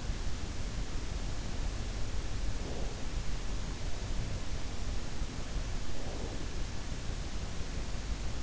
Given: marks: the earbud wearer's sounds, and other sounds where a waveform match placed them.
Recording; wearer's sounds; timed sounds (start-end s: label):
sounds in sleep by an in-ear microphone; breath
2.28-3.02 s: breath
5.80-6.58 s: breath